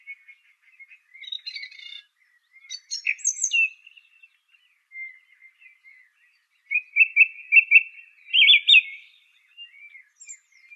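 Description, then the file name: Song thrush singing scattered soft twitters and a high scratchy burst. After a pause come quick rhythmic note series, the last louder and buzzier. "suara kicauan burung song thrush. omkicau"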